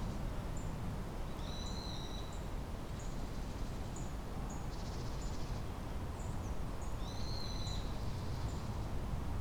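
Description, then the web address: Tit calls, a few thin high whistled notes and short high chips scattered throughout over steady low background rumble. Recorded at Kotori no Mori on 10 February 2024. "kotorinomori 240210 kotorinomori tit 20240210"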